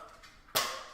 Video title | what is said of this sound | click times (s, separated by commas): Northern Brewer's Lemondrop Saison, secondary fermentation, and my Kegarator setup! (timestamped) | you hear the click | 0.6 s